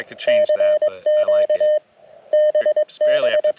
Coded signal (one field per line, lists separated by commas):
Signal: Morse code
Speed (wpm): 22 wpm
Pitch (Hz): 610 Hz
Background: speech, radio noise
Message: CQ BB